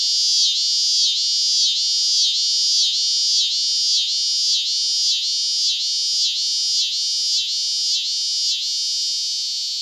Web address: The Songs of Insects. Scissor-grinder Cicada